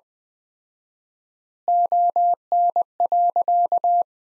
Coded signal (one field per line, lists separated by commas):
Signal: Morse code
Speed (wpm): 20 wpm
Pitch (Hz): 700 Hz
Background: none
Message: ON.